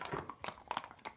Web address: sound-effects-bible Dog Eat Treat